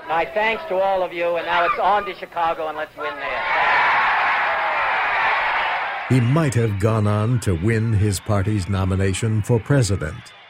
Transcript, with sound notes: “My thanks to all of you. And now, it’s on to Chicago and let’s win there.” [Cheering] He might have gone on to win his party's nomination for president.